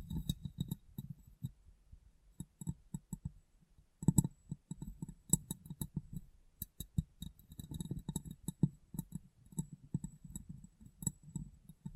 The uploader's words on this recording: ASMR Glass Brain Tapping & Cleaning (No Talking).